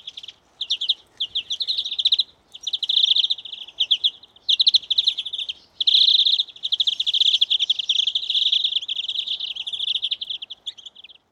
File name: Chloris chloris